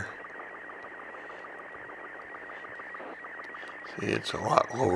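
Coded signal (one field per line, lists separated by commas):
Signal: SSTV (slow-scan television)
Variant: Robot 36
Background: speech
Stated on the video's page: SSTV in Robot 36 mode received from the ArcticSat-1 RS74 satellite.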